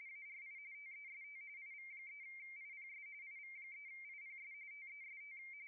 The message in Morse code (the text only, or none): none